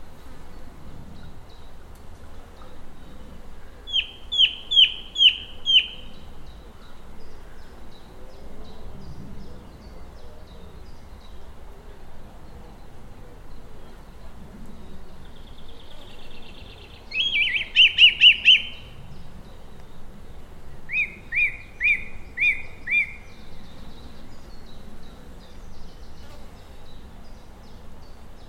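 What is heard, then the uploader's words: A song thrush sings from high in a tree, delivering short phrases of repeated bright notes, around 4 seconds, 17–18 seconds and 21 seconds, each note struck three to five times. Between phrases a low, steady murmur of wind and ambience fills the background. A song thrush sings its complicated songs in a tree high above the River Thames in rural Oxfordshire, captured on a hot, close summer's day. Recorded by Cities and Memory. Song thrush by the River Thames.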